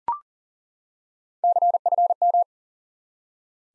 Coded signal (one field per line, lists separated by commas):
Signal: Morse code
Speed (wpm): 37 wpm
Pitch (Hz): 700 Hz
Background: none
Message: CFM